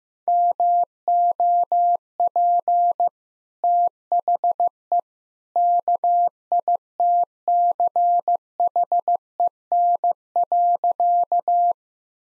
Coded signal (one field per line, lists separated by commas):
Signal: Morse code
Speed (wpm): 16 wpm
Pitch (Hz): 700 Hz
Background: none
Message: MOP THE KITCHEN.